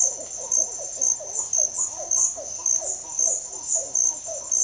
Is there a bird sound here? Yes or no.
no